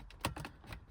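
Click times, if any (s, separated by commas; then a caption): none. An E36 climate control module, reinstalled after a capacitor mod, is handled and pushed back into its dashboard opening. Several short, sharp plastic-like taps and scrapes are heard, the loudest near 0.3 s and fainter ones around 0.4, 0.5 and 0.7 s. The module has not clicked into its retaining clips yet, and nothing has seated.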